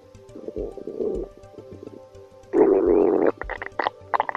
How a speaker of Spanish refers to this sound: Curiosidades. ¿Por qué ruge el estómago cuando tenemos hambre? ¿Qué vergüenza se pasa cuando estamos en un lugar silencioso y rodeado de gente y de repente nuestro estómago empieza a rugir?